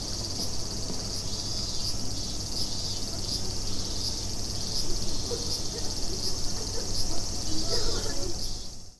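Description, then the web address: Cicada buzzing: a steady, shrill, high drone with faint regular pulses, over heavy low rumbling background noise. Recorded 29 July 2016. "fukudai 160729 fu coop cicada-160729"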